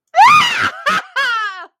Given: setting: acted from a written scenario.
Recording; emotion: vocal sound without words; triumph